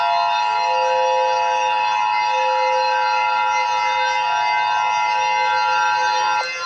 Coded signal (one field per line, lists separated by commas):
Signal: Emergency Alert System (SAME) tones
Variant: 853 and 960 Hz attention tone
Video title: EAS scenario number one; Sun exploding